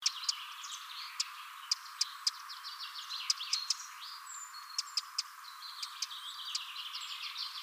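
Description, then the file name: Eurasian wren: many sharp, dry clicks scattered throughout over dense, high chirping and twittering. "Troglodytes troglodytes"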